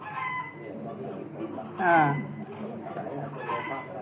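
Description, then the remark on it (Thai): A chicken crows once in a short, bright, wavering call that rises and falls in pitch, standing out over a man's steady talking that continues before and after it. “ถ้าเขาบอกว่ามันร้องลักษณะนี้มีสองอย่างร้องด้วยความตกใจกับร้องเพื่อหาคู่นะมีสองอย่างนะที่ไก่มันเป็นแบบนี้นั่นแหละ”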